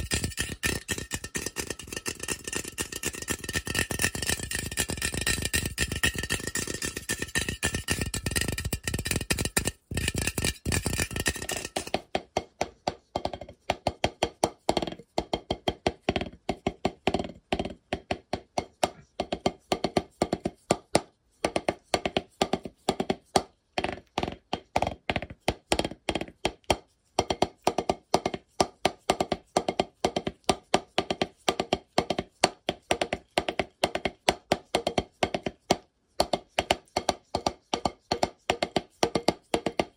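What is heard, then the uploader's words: Fast, aggressive lofi tapping and scratching, dense and full for the first twelve seconds, then breaking into rapid, clipped, stuttering bursts with brief silences. ASMR Fast And Aggressive Lofi Sounds (Tapping, Scratching,.) No Talking.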